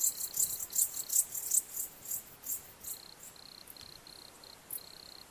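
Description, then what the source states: Crickets chirping: loud, very high chirps repeating rapidly at first, then quieter high pulsed trills in short bursts. Crickets in a beech forest.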